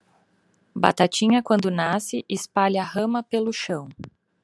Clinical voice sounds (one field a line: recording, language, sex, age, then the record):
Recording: short text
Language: Brazilian Portuguese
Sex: female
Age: 30 to 39 years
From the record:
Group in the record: control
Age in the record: 33 years